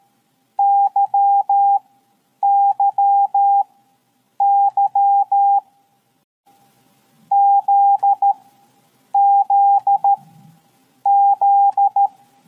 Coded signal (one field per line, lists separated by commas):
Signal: Morse code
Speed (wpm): 13 wpm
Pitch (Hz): 800 Hz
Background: none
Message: YYY ZZZ